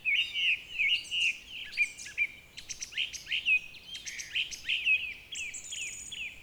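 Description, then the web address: Birds calling together: quick, high chirps and short sweeping notes repeated in rapid overlapping bursts, with a brief thin trill near the end. Multiple birds calling. "Oiseaux series Multiples"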